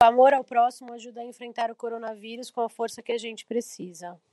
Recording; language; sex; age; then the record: spoken sentence; Brazilian Portuguese; female; 40 to 49 years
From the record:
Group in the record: control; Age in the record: 40 years